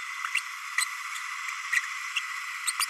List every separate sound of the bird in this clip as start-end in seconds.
0.35-0.40, 0.77-0.85, 1.72-1.82, 2.16-2.20, 2.66-2.73, 2.79-2.85